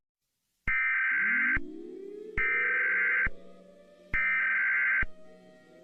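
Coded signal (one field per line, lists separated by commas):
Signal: Emergency Alert System (SAME) tones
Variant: header bursts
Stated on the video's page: Fictional EAS scenario, not a real alert.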